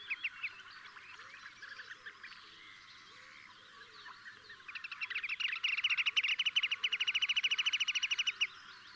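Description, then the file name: Marsh sandpiper calling, a long, fast run of evenly spaced piping notes in the second half, after a stretch of mixed chirping from other birds. "Dammsnappa"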